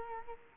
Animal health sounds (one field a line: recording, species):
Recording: mosquito wingbeat signal from an infrared sensor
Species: Culex quinquefasciatus